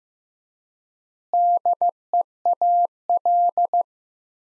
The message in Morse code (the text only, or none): DEAL